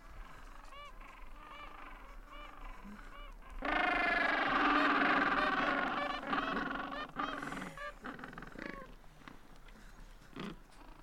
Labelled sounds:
Gentoo Penguin (Pygoscelis papua) call

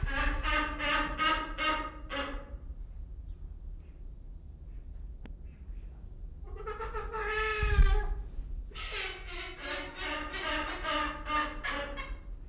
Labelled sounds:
Trumpeter Hornbill (Bycanistes bucinator)

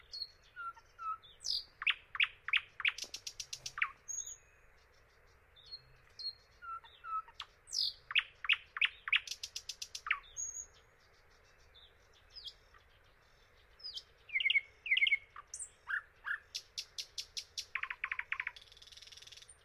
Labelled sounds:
Thrush Nightingale (Luscinia luscinia) song

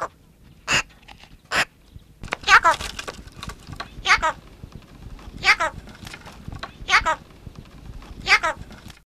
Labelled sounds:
Eurasian Magpie (Pica pica) call

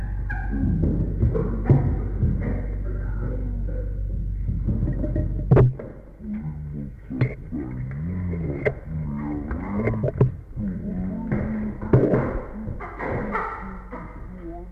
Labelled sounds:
Chimpanzee (Pan troglodytes)

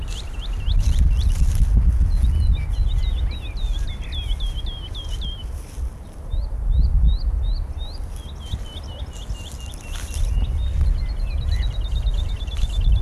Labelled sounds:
Wood Lark (Lullula arborea) song

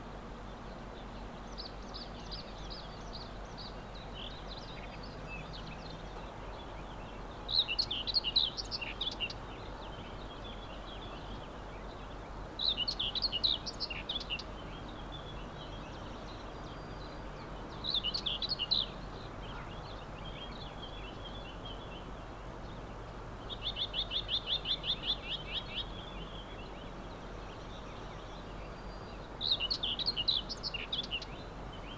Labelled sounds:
Common Whitethroat (Sylvia communis) song

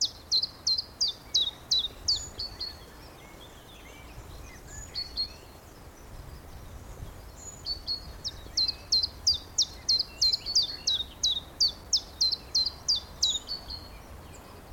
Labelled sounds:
Common Chiffchaff (Phylloscopus collybita)

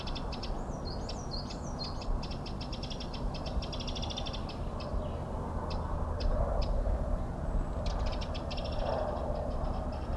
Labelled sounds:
Eurasian Wren (Troglodytes troglodytes)

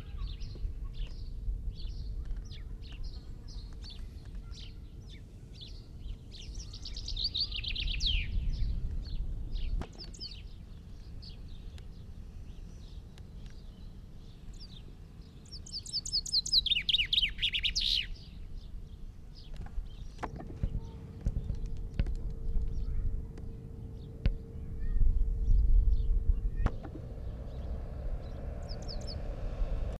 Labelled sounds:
Common Chaffinch (Fringilla coelebs) song

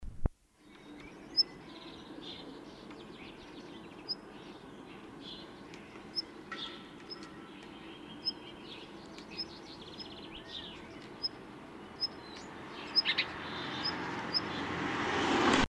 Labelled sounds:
Black Redstart (Phoenicurus ochruros) song, Common Chaffinch (Fringilla coelebs)

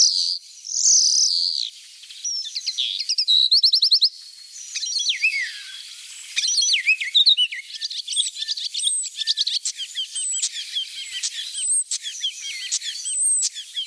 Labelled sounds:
European Starling (Sturnus vulgaris) song

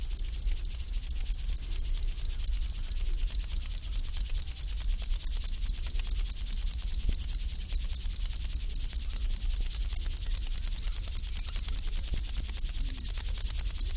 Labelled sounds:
Upland Field Grasshopper (Chorthippus apricarius)

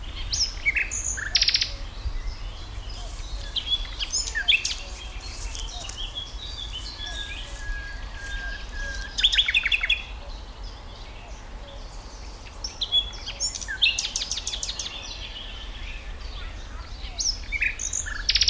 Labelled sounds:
Common Nightingale (Luscinia megarhynchos)

